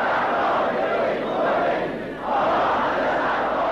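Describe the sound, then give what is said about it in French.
A huge crowd of millions shouts and roars around a slowly advancing car along the route from the airport to Behesht-e Zahra cemetery, in one dense, continuous wall of voices, dipping briefly just past the midpoint before surging back to full loudness. “C'est cette foule tout le long de l'aéroport au cimetière de Behesht e-Sahra où il va faire son premier discours qui est là, qui l'entoure, qui le suit.”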